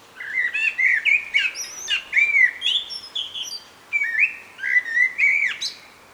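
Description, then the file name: Common blackbird sings two warbling phrases, mellow flute-like notes interlaced with high, thin squeaks, separated by a short gap. "Turdus merula"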